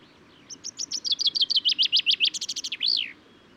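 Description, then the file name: Common chaffinch delivering a single song phrase: clear repeated chips building into a brisk trill, then a final swooping note; quiet background otherwise. Recorded at Důl Bílého Labe, Czech Republic, on 22 May 2018. "cchaffin-coelebs-1-M-S cz dul-bileho-labe"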